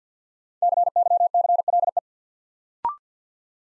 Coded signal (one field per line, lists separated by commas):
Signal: Morse code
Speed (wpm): 48 wpm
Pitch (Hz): 700 Hz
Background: none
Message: CYCLE